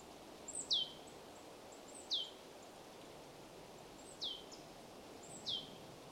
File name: Poecile palustris